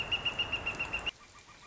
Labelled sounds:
Northern Flicker
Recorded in Sonoma County, California

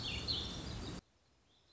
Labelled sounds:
Warbling Vireo
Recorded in Sonoma County, California

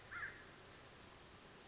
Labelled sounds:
American Crow
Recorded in Sonoma County, California

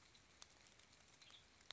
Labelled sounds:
Western Tanager
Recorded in Sonoma County, California

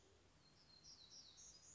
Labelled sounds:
Black-throated Gray Warbler
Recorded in Sonoma County, California

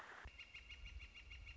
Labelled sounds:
Northern Flicker
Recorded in Sonoma County, California

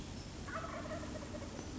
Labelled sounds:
Wild Turkey
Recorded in Sonoma County, California

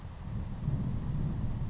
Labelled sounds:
Savannah Sparrow
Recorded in Sonoma County, California

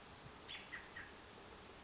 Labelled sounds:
American Robin
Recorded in Sonoma County, California

